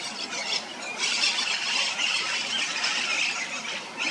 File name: cachana enicognathus ferrugineus